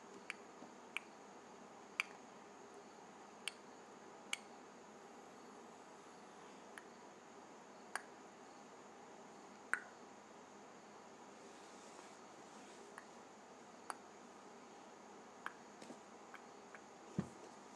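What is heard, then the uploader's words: Tongue clicks: single sharp pops spaced unevenly, sometimes a second apart, sometimes several seconds, about a dozen over the stretch. Between them a steady low hiss fills the background, with a faint soft swish near the middle and a stronger pop at the end. Clicking my Tongue.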